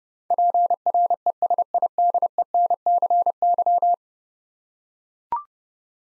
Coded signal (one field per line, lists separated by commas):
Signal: Morse code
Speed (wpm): 32 wpm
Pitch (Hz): 700 Hz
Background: none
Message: PRESIDENCY